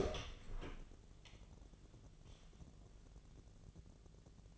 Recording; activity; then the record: daily activity, microphone in the room; open door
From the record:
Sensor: 4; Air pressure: 1001.2 hPa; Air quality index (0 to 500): 182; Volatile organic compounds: 2 ppm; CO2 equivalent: 1304 ppm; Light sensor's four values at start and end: 16/38/15/16 and 14/33/14/14